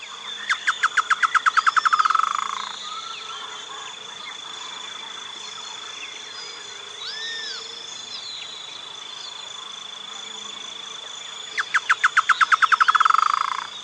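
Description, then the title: Chotoy spinetail calling twice, each a quick run of clipped notes accelerating into a dry rattle, well apart, with continuous insect drone and bird whistles. Nominate subspecies phryganophilus, assumed from location. "LuckyPassaro Completos2Sama. Chotoy Spinetail (Schoeniophylax phryganophilus phryganophilus (ssp assumed from location))"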